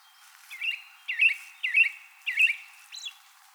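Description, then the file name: American robin song: four quick warbled whistled phrases about half a second apart, then a higher squeaky note to finish. Recorded 24 April 2020. "2020-04-24 Am Robin"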